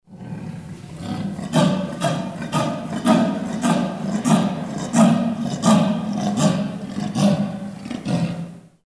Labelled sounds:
Leopard (Panthera pardus)
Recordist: Tembrock, Günter
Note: Chinesischer Leopard: Rufreihe des Männchens

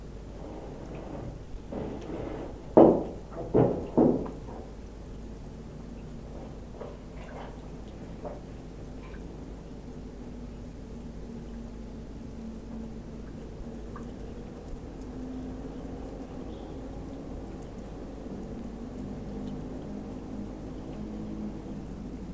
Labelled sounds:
Corsac Fox (Vulpes corsac) barking
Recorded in captivity
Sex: male
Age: adult
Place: Zoologisches Institut der HUB, Berlin, DE
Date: 1965-03-13 11:30
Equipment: R 21
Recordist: Tembrock, Günter
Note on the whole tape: Rüde "Peter": Bellen, im Gehege

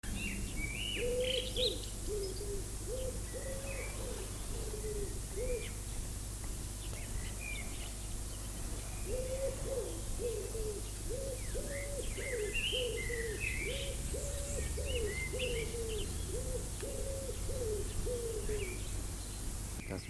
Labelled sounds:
Common Wood Pigeon (Columba palumbus) song
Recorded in the wild
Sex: male
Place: Lübars, Benekendorffstraße, Berlin, DE
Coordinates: 52.6167, 13.3469
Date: 2004-05-01 18:30
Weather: sunny, 21°C
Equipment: Fair Mate ST-1328 (Asahi Electronics, Japan), Sennheiser ME 80, Kopie Uher 4000 Report Monitor
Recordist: Tembrock, Günter
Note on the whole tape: Drei Exemplare (Männchen): Lautfolgen

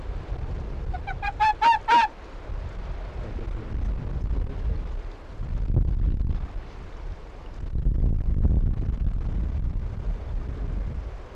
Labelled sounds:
Arctic Fox (Vulpes lagopus)
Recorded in the wild
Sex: pair
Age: adult
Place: Insel Mednyi, Kommandeur-Inseln, RU
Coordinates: 54.5167, 168.083
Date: 1999-06-22 16:02
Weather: 4°C, Nebel
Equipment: Sony WM-D6C, Sennheiser ME 80, K 30 AV, Windkorb, Kopie Sony TCD-D8
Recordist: Frommolt, Karl-Heinz
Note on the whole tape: Südosten der Insel, Hütten: 1 Bellstrophe von Fähe weiss/weiss 31 und 4 Bellstrophen von Rüden grün/grün 68 an der Höhle unter dem Schuppen. Entfernung ca. 15 m

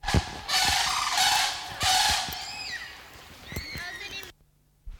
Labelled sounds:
Sandhill Crane (Antigone canadensis) trumpet call
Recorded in captivity
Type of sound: call, call sequence, trumpet call
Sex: pair
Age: adult
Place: Zoo Augsburg, Bayern, DE
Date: 1993-09-04 16:41
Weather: 14 °C, bedeckt, z.T. Regen
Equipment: Marantz CP 430, Sennheiser MKH 416 T, Kopie Uher Variocord 263
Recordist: Tembrock, Günter
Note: Duettrufen

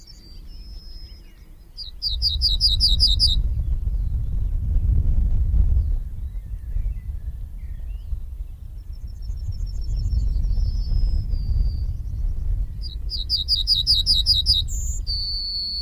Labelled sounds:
Yellowhammer (Emberiza citrinella) song
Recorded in the wild
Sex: male
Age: adult
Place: Lübars (Fließtal), Berlin, DE
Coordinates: 52.6167, 13.35
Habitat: meadow
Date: 1996-06-23 14:59
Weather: cloudy, 15°C
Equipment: Sony MD-WM MZ-R3, Sennheiser MKH 416 T, Kopie Uher 4000 Report Monitor
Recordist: Tembrock, Günter

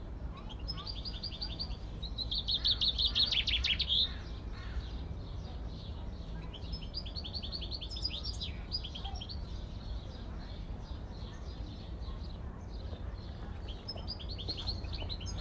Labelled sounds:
Common Chaffinch (Fringilla coelebs)
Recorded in the wild
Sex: male
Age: adult
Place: Zoo Berlin, Berlin, DE
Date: 1994-05-28 12:43
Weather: bedeckt, 12-15°C
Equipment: Marantz CP 430, Sennheiser ME 80, Kopie Uher Variocord 263
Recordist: Tembrock, Günter

